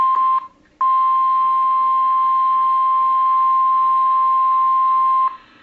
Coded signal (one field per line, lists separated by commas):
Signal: Emergency Alert System (SAME) tones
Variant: 1050 Hz attention tone